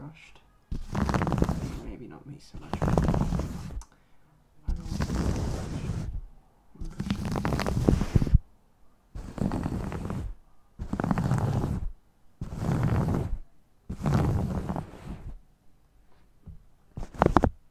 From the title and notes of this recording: Fall Asleep ASMR Scalp & Face Massage.